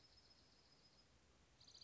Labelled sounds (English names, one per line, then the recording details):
Dark-eyed Junco
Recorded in Sonoma County, California